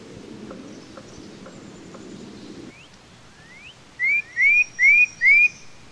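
Tufted titmouse giving four loud, clear rising whistles in quick succession, preceded by softer upslurred notes and low background rumble.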